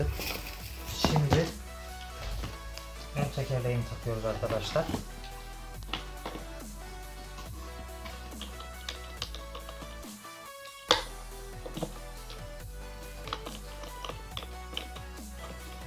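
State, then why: Not seated. Someone talks over background music while fitting the plastic castor front wheel onto the base of a Karcher SC 4 EasyFix steam cleaner during unboxing, and several knocks and taps are heard as it is handled. The clip ends before the wheel goes home, so nothing has seated or clicked yet.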